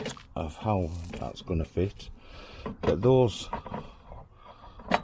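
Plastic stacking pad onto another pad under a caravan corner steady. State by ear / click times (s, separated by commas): seated / 4.9 s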